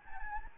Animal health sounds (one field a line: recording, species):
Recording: mosquito wingbeat signal from an infrared sensor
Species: Anopheles gambiae